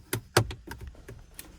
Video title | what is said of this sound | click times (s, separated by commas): [HOW TO] 2019-2023 Silverado/Sierra Screen Upgrade! Install the Aucar 15.6" Tesla Style Head unit | I'm just popping it into place. | 0.1 s, 0.4 s